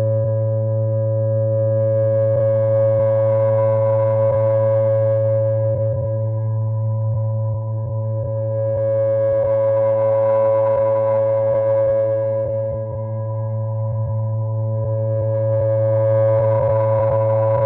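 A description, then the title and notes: Processed sine tones hold a steady low hum with a clear ringing tone above it, unbroken for the whole stretch. A brighter shimmering layer swells in and fades three times, around 3, 10 and 16 seconds, while faint ticks and clicks scatter throughout. Raw processed sine tones. Most of it done in AudioMulch...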